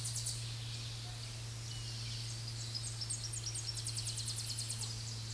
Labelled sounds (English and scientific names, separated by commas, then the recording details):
Tennessee Warbler (Leiothlypis peregrina) song
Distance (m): 50 m
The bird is about 10 m above the microphone
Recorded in a Pennsylvania forest on 16 May 2024 at 07:56
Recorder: AudioMoth, point MSD-2037
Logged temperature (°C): 15.6 °C
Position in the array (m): 96 m, 162 m